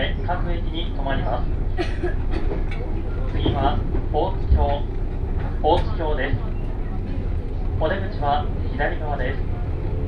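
Inside a 117-series local train on the Kosei Line, running from Kyoto toward Ono. A steady low rumble of the moving car fills the whole ten seconds while voices talk in short bursts over it, with faint clicks and knocks scattered throughout.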